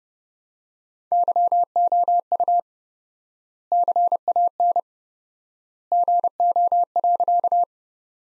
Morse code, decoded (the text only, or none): YOU CAN GO.